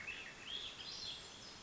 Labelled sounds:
Swainson's Thrush
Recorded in Sonoma County, California

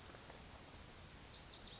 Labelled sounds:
California Towhee
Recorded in Sonoma County, California

